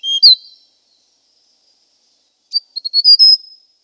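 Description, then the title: Hill prinia calling: a short high chirping burst, then after a pause a series of quick chirps that end in a longer, steady high whistle. Background otherwise silent. "prenjk gnung. Suara burung prenjak gunung"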